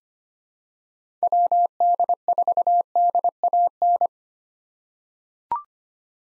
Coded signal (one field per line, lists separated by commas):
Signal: Morse code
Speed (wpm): 25 wpm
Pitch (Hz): 700 Hz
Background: none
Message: WD4DAN